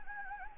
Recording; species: mosquito wingbeat signal from an infrared sensor; Anopheles gambiae